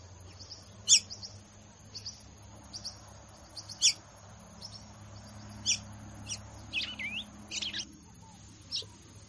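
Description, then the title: Red-cowled cardinal singing in short sharp high notes at uneven intervals, then a quick run of twisting, warbled phrases and a final note, over a faint steady tone. Female; song described as "batendo fogo" style. "Canto Galo Campina Fêmea 02. Galo de Campina batendo fogo ( Canto de Pássaros )"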